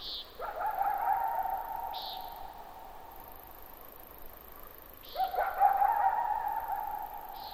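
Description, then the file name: Coyote giving two long howls, each swooping up then holding a level wavering tone, with short higher chirps between them. At night; possibly 22 July 2005. "jh-050722-nightcoyote"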